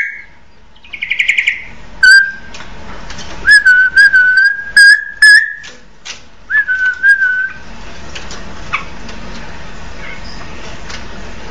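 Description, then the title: Oriental magpie-robin song: clear, steady whistled notes broken by sharp clicky accents, in bursts over about six seconds, then a stretch of hissing background noise. "Kicau Kacer"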